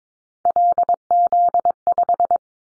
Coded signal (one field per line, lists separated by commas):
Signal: Morse code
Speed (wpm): 22 wpm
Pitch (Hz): 700 Hz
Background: none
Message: LZ5